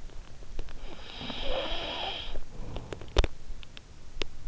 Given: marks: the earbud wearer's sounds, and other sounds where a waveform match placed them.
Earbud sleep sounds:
sounds in sleep by an in-ear microphone; snoring breath, teeth grinding
0.72-2.58 s: snoring breath
2.58-4.41 s: teeth grinding

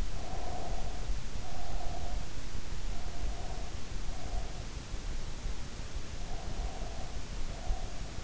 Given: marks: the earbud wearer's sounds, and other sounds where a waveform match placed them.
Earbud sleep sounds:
sounds in sleep by an in-ear microphone; breath
0.00-2.38 s: breath
2.88-4.84 s: breath
6.14-8.18 s: breath

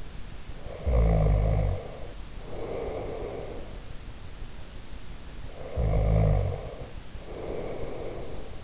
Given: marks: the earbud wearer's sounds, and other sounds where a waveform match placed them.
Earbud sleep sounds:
sounds in sleep by an in-ear microphone; snoring breath
0.55-3.75 s: snoring breath
5.41-8.64 s: snoring breath

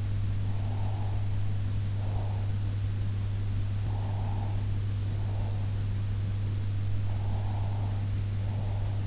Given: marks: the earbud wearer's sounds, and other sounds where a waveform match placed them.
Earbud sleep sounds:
sounds in sleep by an in-ear microphone; breath
0.47-2.70 s: breath
3.70-5.82 s: breath
6.90-9.07 s: breath

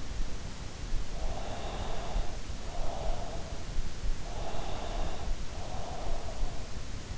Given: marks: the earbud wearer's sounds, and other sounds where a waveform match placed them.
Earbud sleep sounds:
sounds in sleep by an in-ear microphone; breath
0.76-3.60 s: breath
4.09-6.43 s: breath

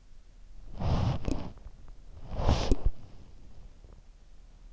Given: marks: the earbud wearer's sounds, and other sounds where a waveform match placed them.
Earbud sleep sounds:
sounds in sleep by an in-ear microphone; body movement
0.00-3.60 s: body movement

